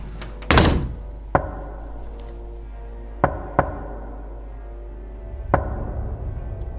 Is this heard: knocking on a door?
yes